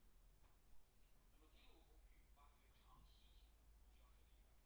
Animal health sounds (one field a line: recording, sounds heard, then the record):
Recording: poultry house recording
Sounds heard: no chicken sound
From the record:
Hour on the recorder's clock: 17